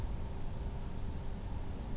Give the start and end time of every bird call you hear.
[0.88, 0.97] European Robin

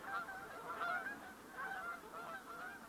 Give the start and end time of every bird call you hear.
[0.05, 2.89] Canada Goose

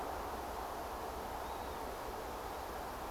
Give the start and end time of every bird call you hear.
[1.43, 1.80] Northern Lapwing

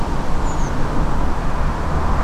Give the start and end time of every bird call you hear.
[0.47, 0.71] Redwing

